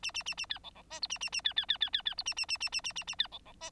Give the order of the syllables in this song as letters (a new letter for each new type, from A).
A A A A B C C D E A A A B B B B B B E A A A A A A A A B C C D